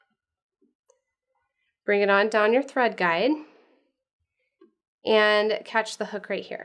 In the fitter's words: we're going to straddle that guide back there and make sure you hear it click